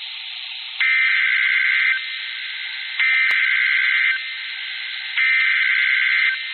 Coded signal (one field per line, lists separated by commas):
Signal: Emergency Alert System (SAME) tones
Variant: header bursts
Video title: Flash Flood Warning (Streamed) (EAS Alert #587)